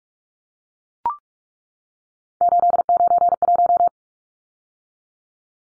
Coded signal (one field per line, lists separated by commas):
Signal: Morse code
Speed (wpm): 44 wpm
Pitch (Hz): 700 Hz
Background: none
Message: 891